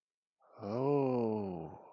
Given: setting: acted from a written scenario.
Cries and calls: vocal sound without words; awe

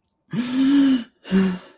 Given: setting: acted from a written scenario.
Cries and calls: vocal sound without words; distress

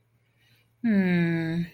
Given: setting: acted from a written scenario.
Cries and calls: vocal sound without words; disappointment

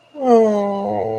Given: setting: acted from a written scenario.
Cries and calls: vocal sound without words; sympathy

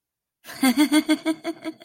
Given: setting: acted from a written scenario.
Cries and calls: vocal sound without words; amusement

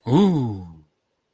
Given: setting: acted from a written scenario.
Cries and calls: vocal sound without words; positive surprise

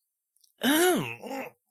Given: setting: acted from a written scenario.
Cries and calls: vocal sound without words; pain

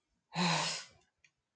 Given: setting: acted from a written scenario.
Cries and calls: vocal sound without words; anger

